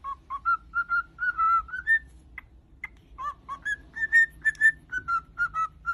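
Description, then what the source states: Cockatiel whistled song: many short, pure notes in a quick, lilting, tune-like sequence over a low hum. Several cockatiels, whistling song.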